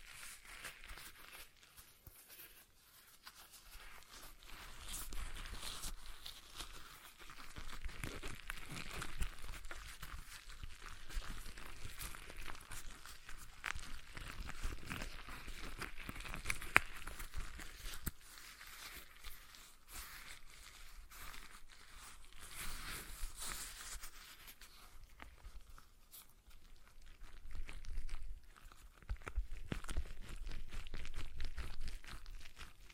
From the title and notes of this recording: ASMR Relaxing Stress Ball Sounds (No Talking).